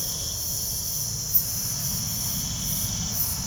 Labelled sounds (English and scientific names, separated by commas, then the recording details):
none
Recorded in pastures near Puerto Asís, Putumayo, Colombia, on 27 June 2025 at 04:30
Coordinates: 0.497, -76.327
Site G040